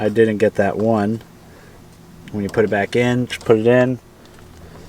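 Someone talks while handling an instrument cluster bulb socket from a Ford Super Duty dash light LED swap, about to push it back into the plastic gauge cluster housing and twist it clockwise to lock. Speech fills most of the clip, with quiet pauses around 1.2–2.4 s and after 4.0 s. Nothing has seated or clicked yet.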